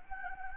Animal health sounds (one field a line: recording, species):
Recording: mosquito wingbeat signal from an infrared sensor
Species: Anopheles gambiae